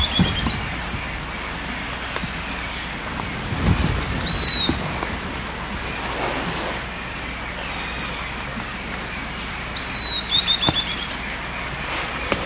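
Bird calls: a thin high whistle near four seconds, then another whistle followed by a quick run of short trilled notes around ten seconds, over a steady low rumble of background noise.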